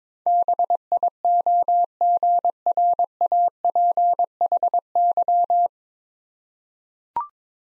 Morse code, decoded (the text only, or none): BIOGRAPHY